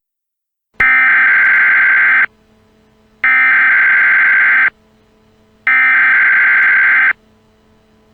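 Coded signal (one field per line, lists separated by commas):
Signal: Emergency Alert System (SAME) tones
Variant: header bursts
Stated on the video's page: Fictional EAS scenario; simulated alert tones.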